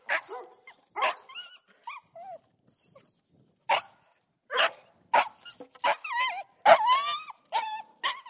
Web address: Sound Effects-BBC. labrador and two sheep dogs barking exterior